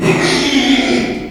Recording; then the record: squeal of a Yucatan mini pig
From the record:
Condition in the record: after surgery on the right vocal fold (resection and tissue-engineered implant); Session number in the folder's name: 2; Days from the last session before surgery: 13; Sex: male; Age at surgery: 12 weeks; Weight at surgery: 13 kg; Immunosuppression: cyclosporine, prednisolone